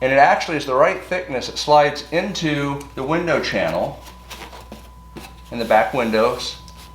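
A foam board window screen panel, cut to the rear window shape, is being handled at the rear window channel of a Jeep while someone talks. After the talking, two brief faint sounds come at about 4.7 and 5.2 seconds. Nothing has seated or clicked into place yet.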